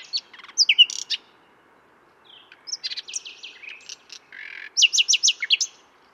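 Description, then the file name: Common nightingale song with chattering notes, a buzzy trill, then a strong run of repeated loud notes after a brief pause. "Luscinia megarhynchos"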